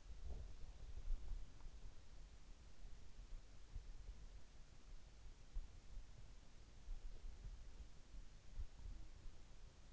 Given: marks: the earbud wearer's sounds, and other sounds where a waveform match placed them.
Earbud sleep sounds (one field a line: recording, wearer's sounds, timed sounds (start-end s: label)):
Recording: sounds in sleep by an in-ear microphone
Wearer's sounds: body movement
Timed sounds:
0.00-1.82 s: body movement